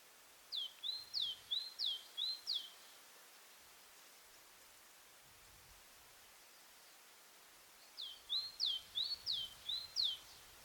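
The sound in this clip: Great tit giving two bouts of rhythmic two-note phrases, about three or four repeats each, a sharp downward sweep then a steady note, with silence between.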